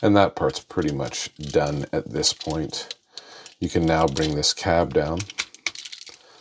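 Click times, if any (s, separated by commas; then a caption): 5.7 s. Someone talks while the plastic cab section of a Transformers Legacy Leader Class Laser Optimus Prime transforming robot toy is swung down and pressed into the vehicle body. A sharp plastic snap at 5.7 s seats the cab in place, followed by a few faint clicks.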